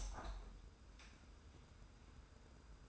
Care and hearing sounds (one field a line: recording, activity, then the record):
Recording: daily activity, microphone in the room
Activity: open window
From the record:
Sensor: 2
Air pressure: 990.2 hPa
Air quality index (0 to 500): 199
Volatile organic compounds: 1000 ppm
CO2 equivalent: 6354 ppm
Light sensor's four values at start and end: 24/57/23/23 and 24/57/23/23